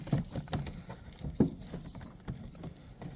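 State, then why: Not seated. A plastic and rubber window trim strip is pressed by hand into the door panel of a VE Commodore, producing several sharp tapping contact sounds over a low background rumble. The strip does not click in, and nothing has clicked into place.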